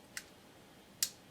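A fine tension lock coupling hook is pressed by hand into the coupling mount of a Dapol model freight wagon. A faint tick is heard at 0.2 s, then a sharp, bright click at 1.0 s as the hook clicks into place and seats.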